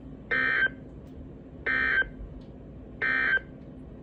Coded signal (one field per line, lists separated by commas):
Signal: Emergency Alert System (SAME) tones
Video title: Three Severe Thunderstorm Warnings - Triple Header (EAS 2361-2363) 7/20/23